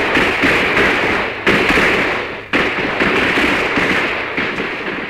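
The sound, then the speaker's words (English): Loud, continuous crackling and popping of 4th of July fireworks from a salesman's car trunk going off, with sharp fresh bursts about a third and halfway through, then dense sputtering that slowly fades. No voices. “He was selling 4th of July fireworks.”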